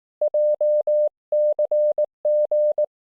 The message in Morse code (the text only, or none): JCG